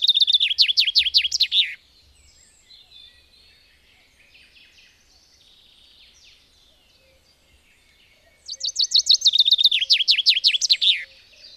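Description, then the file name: Common chaffinch singing two separate phrases about seven seconds apart, each a rapid run of repeated downslurred notes closing with a flourish; faint other birds in between. "erdei pinty"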